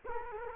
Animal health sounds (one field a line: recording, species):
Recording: mosquito wingbeat signal from an infrared sensor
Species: Culex quinquefasciatus